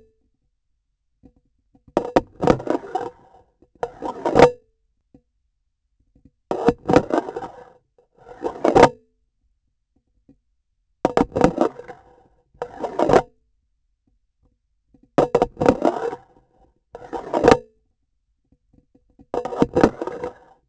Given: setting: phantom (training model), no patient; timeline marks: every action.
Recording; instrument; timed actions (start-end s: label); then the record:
laparoscopic instrument, vibration sensor on the handle end; grasping forceps
0.00-0.48 s: removal through the trocar
1.93-3.20 s: insertion through the trocar
3.78-4.94 s: removal through the trocar
6.46-7.85 s: insertion through the trocar
8.11-9.33 s: removal through the trocar
10.98-12.12 s: insertion through the trocar
12.56-13.58 s: removal through the trocar
15.14-16.26 s: insertion through the trocar
16.88-17.91 s: removal through the trocar
19.31-20.63 s: insertion through the trocar
From the record:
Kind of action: spatial motion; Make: Olympus